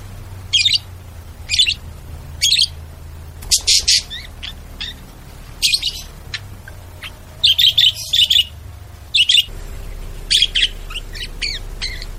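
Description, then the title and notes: Bird making single sharp chirps about once a second, then a denser cluster of chirps, with a steady low hum in the background. Bird ringtone with melodious sounds. "Burung Dengan Suara Merdu"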